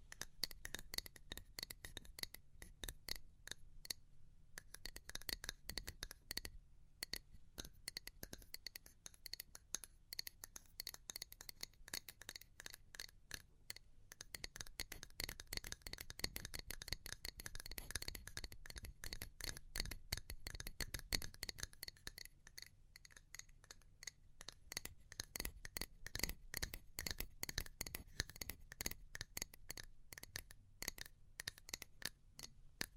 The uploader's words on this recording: ASMR Pure Tapping Fast and Slow (No Talking).